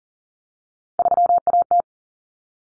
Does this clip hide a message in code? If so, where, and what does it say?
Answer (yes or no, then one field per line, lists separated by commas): yes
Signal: Morse code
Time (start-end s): 1.0-1.8 s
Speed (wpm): 40 wpm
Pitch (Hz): 700 Hz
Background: none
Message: 3AT